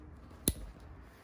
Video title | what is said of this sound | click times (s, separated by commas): Jacket Test Fitting for Alpinestars Tech-Air 5 Plasma - The "Puff Test" | it kind of goes in. Don't force it and you'll hear a click. | 0.5 s